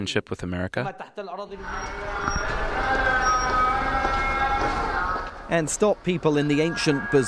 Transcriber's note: Sounds from a busy Damascus bazaar